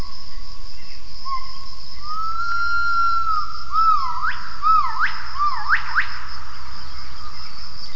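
Gibbon calls: a long steady whistled note, then a series of swooping rising-and-falling whoops coming faster, over a constant low hum and a thin steady tone.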